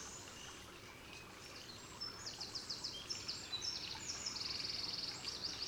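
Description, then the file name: Eurasian wren song, high buzzy trills and rapid twittering phrases starting after two seconds, over a steady background hiss. "Troglodytes troglodytes"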